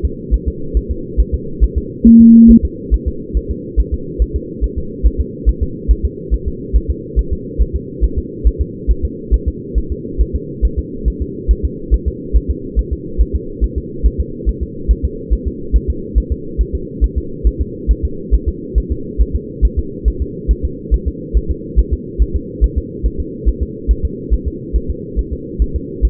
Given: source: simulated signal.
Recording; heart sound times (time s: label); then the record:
fetal heart sounds
0.05 s: S2
0.34 s: S1
0.48 s: S2
0.77 s: S1
0.91 s: S2
1.20 s: S1
1.35 s: S2
1.64 s: S1
1.78 s: S2
2.07 s: S1
2.21 s: S2
2.51 s: S1
2.65 s: S2
2.94 s: S1
3.08 s: S2
3.37 s: S1
3.51 s: S2
3.80 s: S1
3.94 s: S2
4.22 s: S1
4.36 s: S2
4.64 s: S1
4.78 s: S2
5.06 s: S1
5.21 s: S2
5.49 s: S1
5.63 s: S2
5.91 s: S1
6.05 s: S2
6.34 s: S1
6.48 s: S2
6.76 s: S1
6.91 s: S2
7.19 s: S1
7.33 s: S2
7.62 s: S1
7.76 s: S2
8.04 s: S1
8.19 s: S2
8.47 s: S1
8.62 s: S2
8.91 s: S1
9.05 s: S2
9.34 s: S1
9.48 s: S2
9.78 s: S1
9.92 s: S2
10.21 s: S1
10.36 s: S2
10.65 s: S1
10.79 s: S2
11.08 s: S1
11.22 s: S2
11.51 s: S1
11.65 s: S2
11.94 s: S1
12.08 s: S2
12.36 s: S1
12.51 s: S2
12.79 s: S1
12.93 s: S2
13.21 s: S1
13.36 s: S2
13.64 s: S1
13.78 s: S2
14.06 s: S1
14.20 s: S2
14.49 s: S1
14.63 s: S2
14.91 s: S1
15.05 s: S2
15.33 s: S1
15.48 s: S2
15.76 s: S1
15.90 s: S2
16.18 s: S1
16.32 s: S2
16.61 s: S1
16.75 s: S2
17.04 s: S1
17.18 s: S2
17.47 s: S1
17.61 s: S2
17.91 s: S1
18.05 s: S2
18.34 s: S1
18.49 s: S2
18.78 s: S1
18.92 s: S2
19.21 s: S1
19.36 s: S2
19.65 s: S1
19.79 s: S2
20.08 s: S1
20.22 s: S2
20.51 s: S1
20.65 s: S2
20.94 s: S1
21.08 s: S2
21.37 s: S1
21.51 s: S2
21.79 s: S1
21.94 s: S2
22.22 s: S1
22.36 s: S2
22.64 s: S1
22.78 s: S2
23.06 s: S1
23.20 s: S2
23.49 s: S1
23.63 s: S2
23.91 s: S1
24.05 s: S2
24.34 s: S1
24.48 s: S2
24.76 s: S1
24.90 s: S2
25.19 s: S1
25.33 s: S2
25.62 s: S1
25.76 s: S2
26.05 s: S1
From the record:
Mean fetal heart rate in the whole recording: 140 bpm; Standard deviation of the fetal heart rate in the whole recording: 2 bpm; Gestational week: 34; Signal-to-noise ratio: -4.3 dB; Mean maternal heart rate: 72 bpm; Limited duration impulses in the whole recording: present